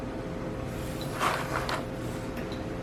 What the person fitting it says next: this just snaps right into place.